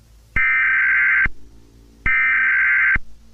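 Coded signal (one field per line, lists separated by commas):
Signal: Emergency Alert System (SAME) tones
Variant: header bursts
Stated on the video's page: Fictional alert scenario; loud audio.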